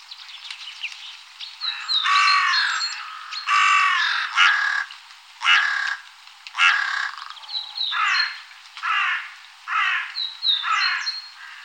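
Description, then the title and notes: Carrion crow giving a loose series of harsh, grating caws, some doubled. Recorded in Germany, Austria or Switzerland. "Sounds of birds from Germany, Austria, Switzerland"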